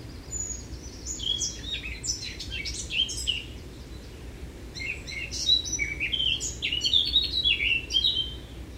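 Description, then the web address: Eurasian blackcap song: bursts of quick scratchy notes mixed with clearer whistled tones, two phrases broken by a short gap. "SETE data Sylvia atricapilla"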